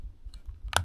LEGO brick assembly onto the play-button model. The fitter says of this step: So this hopefully should just click into place.